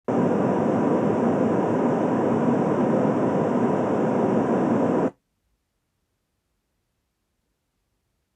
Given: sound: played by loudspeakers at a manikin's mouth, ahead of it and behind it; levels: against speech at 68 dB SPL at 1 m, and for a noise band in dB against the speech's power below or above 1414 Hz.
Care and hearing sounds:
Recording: test signals for a remote microphone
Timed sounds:
0.08-5.08 s: speech-spectrum noise from the mouth, +10 dB
From the record:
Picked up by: measurement microphone

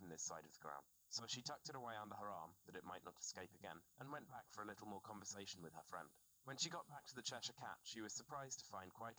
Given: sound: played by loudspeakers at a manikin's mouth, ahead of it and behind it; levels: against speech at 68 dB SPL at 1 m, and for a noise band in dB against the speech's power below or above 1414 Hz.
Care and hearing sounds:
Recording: test signals for a remote microphone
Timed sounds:
0.00-9.19 s: man speaking
From the record:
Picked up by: remote receiver E, fed by microphone B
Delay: 43 ms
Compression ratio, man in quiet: 2.77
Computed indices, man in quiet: SII 0.989, HASPI 1.000, HASQI 0.404 (non-linear 0.458, linear 0.882), ESTOI 0.745

